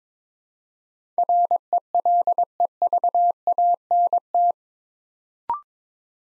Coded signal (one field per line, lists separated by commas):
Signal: Morse code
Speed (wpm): 22 wpm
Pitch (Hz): 700 Hz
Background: none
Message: RELEVANT